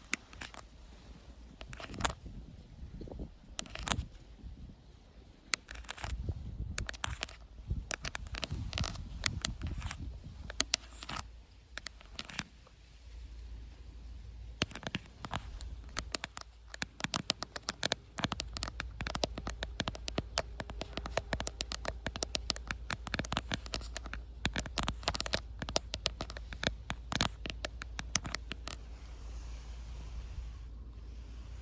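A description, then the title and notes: Tapping on an outdoor camera, sharp bright clicks scattered irregularly through the first half, then growing dense and rapid from about fifteen seconds to nearly the end. Underneath runs a low, rumbling outdoor background, heavier and gustier in the early seconds. ASMR Outdoor Camera Tapping! No Talking.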